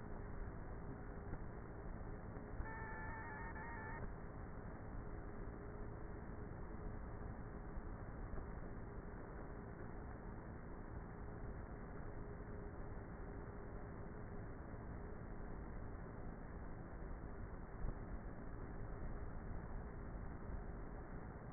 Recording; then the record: honeybee colony, microphone inside the hive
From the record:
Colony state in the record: queenless with a low population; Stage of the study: before two queens were removed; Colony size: about 30,000 bees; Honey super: no